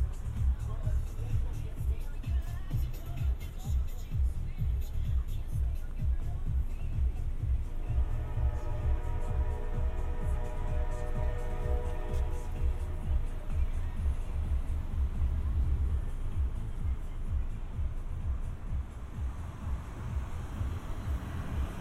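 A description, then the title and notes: A binaural walk through San Diego streets, with a constant low rumble of traffic and footsteps throughout. Around the eighth to seventeenth second a steady pitched tone, likely a passing vehicle's engine or hum, rises above the noise, with faint voices underneath. A binaural recording of a walk from the San Diego County Admin Building to my apartment in Golden Hill.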